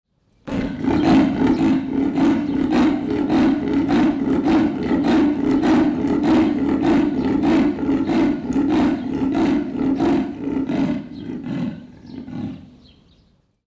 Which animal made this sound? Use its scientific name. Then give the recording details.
Panthera pardus. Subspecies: orientalis. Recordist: Tembrock, Günter. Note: Amurleopard, Männchen, Gehege neben der Weibchen: Rufreihe, bei Beginn eingeschaltet Abstand 5 m